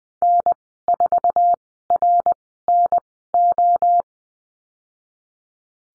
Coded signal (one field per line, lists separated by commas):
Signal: Morse code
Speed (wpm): 20 wpm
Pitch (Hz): 700 Hz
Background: none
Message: N4RNO